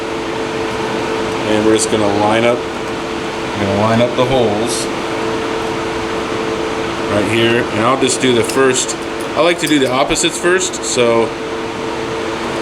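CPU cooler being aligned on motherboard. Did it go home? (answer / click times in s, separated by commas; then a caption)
no / none. A CPU cooler is positioned on an Octominer motherboard so its push pins line up with the mounting holes while someone talks over a steady fan-like hum. No pin has been pressed home and nothing has clicked yet.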